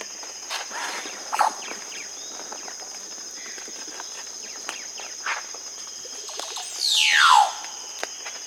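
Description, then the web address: Casqued oropendola giving a single loud, slurred downward glide late, with a constant shrill insect tone and scattered soft bird notes throughout. South America. "Natures Songs S America Casqued Oropendola"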